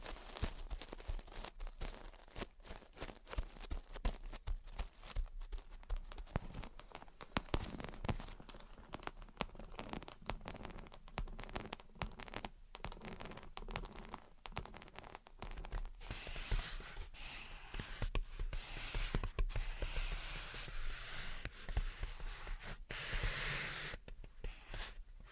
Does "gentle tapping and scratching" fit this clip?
yes